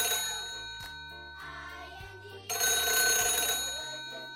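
A telephone bell rings in repeated bright, metallic bursts, the last burst louder and longer, with low steady tones running underneath.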